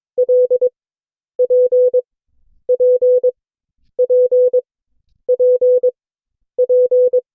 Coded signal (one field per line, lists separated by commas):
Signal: Morse code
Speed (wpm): 22 wpm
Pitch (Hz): 500 Hz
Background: none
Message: L P P P P P